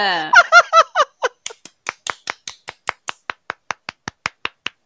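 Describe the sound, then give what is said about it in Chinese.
A short burst of giggling laughter gives way to a steady run of sharp, evenly spaced hand claps, about seventeen of them at a brisk, regular pace, slowly easing in loudness. “好，谢谢掌声”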